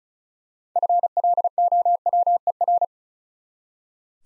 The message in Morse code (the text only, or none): FLOWER